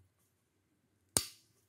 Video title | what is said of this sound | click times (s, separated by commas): RAKIT PC 2 JUTAAN UNTUK KANTOR / SEKOLAH - RAKIT PC | Sampai bunyi klik satu lagi nah | 1.2 s